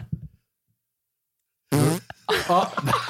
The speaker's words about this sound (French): Oh. Excusez-moi, j'ai pété.